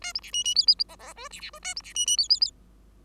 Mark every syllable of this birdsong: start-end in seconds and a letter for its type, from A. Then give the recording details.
0.01-0.13 A, 0.14-0.20 B, 0.22-0.31 C, 0.33-0.44 D, 0.44-0.55 D, 0.55-0.66 E, 0.67-0.75 E, 0.88-0.96 F, 0.99-1.13 F, 1.15-1.28 G, 1.30-1.41 C, 1.41-1.50 C, 1.53-1.59 G, 1.62-1.74 A, 1.76-1.82 B, 1.83-1.93 C, 1.95-2.06 D, 2.06-2.17 D, 2.17-2.28 E, 2.29-2.40 E, 2.41-2.51 E. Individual Bird5